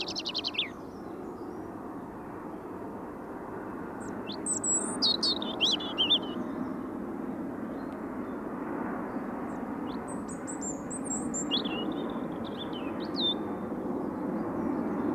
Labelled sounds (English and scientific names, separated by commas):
European Robin (Erithacus rubecula) song